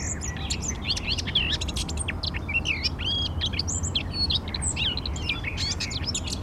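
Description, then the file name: Eurasian blackcap song, a dense, rapid warble of squeaky, whistled and chattering notes running throughout, with low background rumble. "Sylvia atricapilla"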